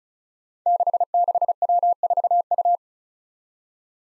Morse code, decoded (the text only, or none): 66W4U